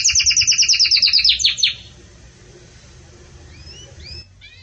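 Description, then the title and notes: Belgian canary singing a rapid bell-like trill of evenly repeated high notes for nearly two seconds, then a pause with a few soft upslurred chirps near the end. Pure "campainha" (bell) song style of the Belgian canary, with pauses, for training. "Canto Canário Belga Campainha Puro Com Pausa Para Treinamento. CANARIO BELGA"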